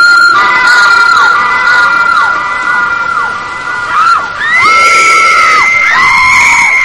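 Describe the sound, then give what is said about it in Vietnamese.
Three girls scream and wail in high-pitched, long, sustained cries that rise and fall in pitch, layered over a constant hiss of wind and rain. “Những tiếng kêu thét xé lòng của ba cô gái vang lên trong tiếng gió mưa.”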